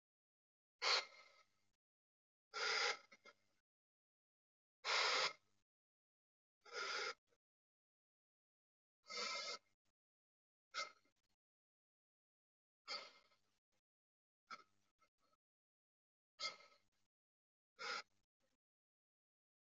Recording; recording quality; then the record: deep breathing; excellent, no background noise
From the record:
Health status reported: healthy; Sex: male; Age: 32 years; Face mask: not worn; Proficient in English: yes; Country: India